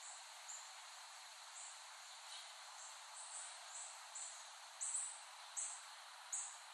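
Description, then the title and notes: Cicada chorus holding a constant shrill hum while brief high buzzy pulses repeat, growing louder toward the end. Cicadas, West Brighton, Staten Island, late summer 2008. "Dronecast. The Cicadas of Summer. Recording of cicadas made by Dan Bodah in West Brighton, Staten Island, late summer 2008"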